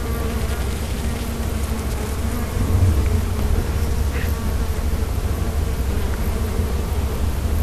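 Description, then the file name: Bee buzz, a dense low hum that swells briefly in the middle and then holds steady. "abeilles"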